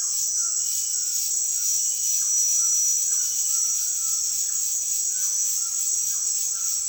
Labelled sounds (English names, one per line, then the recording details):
White-throated Toucan
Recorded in dense forest near Puerto Asís, Putumayo, Colombia, on 18 February 2024 at 17:30
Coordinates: 0.502, -76.326
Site G6460